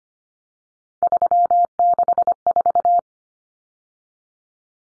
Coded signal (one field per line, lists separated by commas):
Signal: Morse code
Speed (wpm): 25 wpm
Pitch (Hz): 700 Hz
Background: none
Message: 364